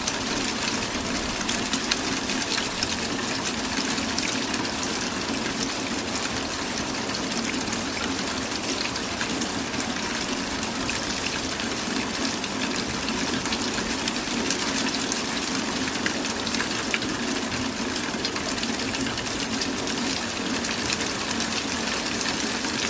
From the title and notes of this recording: Falling Rain Sounds.